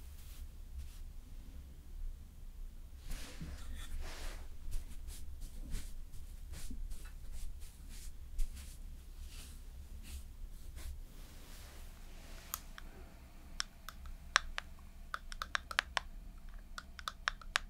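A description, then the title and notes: Slow makeup application: soft brushing and patting sounds in the first half over a steady low hum, giving way after about twelve seconds to sharp, scattered taps and clicks, like compacts or brushes being set down. ASMR Slowly Doing Your Makeup with Personal Attention (No Talking).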